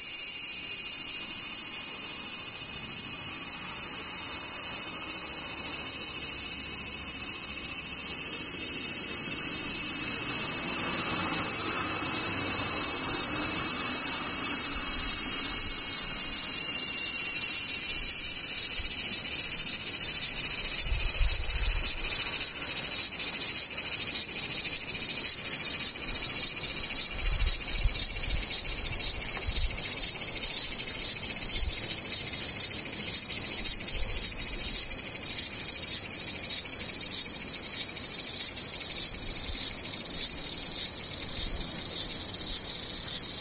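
Cicadas drone without pause for the whole stretch, a dense, shrill buzzing concentrated high up with a steady pulsing texture. The chorus holds nearly constant in loudness, with a few faint low thumps and rumbles from the surroundings around the middle.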